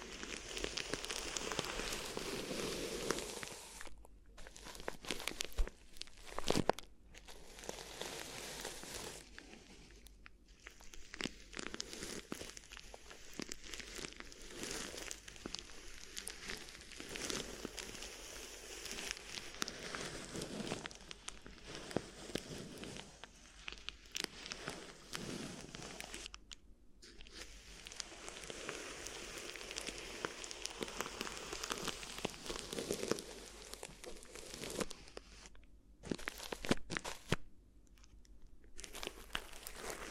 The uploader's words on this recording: ASMR Addictive Crinkly Ear Massage (No Talking).